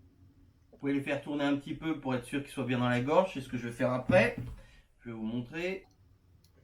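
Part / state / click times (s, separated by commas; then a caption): circlip into motorcycle fork tube groove / not seated / none. A seal-retaining circlip for a motorcycle fork tube is handled before being pushed into the metal groove of the fork tube, while someone talks almost throughout. A faint tick is heard near the end at about 6.4 s, but nothing has seated or clicked into the groove yet.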